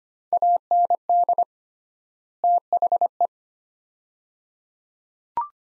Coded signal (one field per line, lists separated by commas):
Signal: Morse code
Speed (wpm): 25 wpm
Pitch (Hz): 700 Hz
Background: none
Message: AND THE